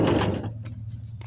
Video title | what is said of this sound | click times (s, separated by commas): MENYETEL HANDLE PINTU SLIDING DOOR AGAR MUDAH DIBUKA DAIHATSU ZEBRA ESPASS | terdengar tek gitu lalu bisa dibuka ya sebelumnya | 0.7 s